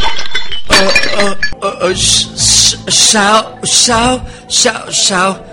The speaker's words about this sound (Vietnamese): Lâm Mang hoảng loạn, làm vỏ chai bia rơi xuống đất vỡ tan.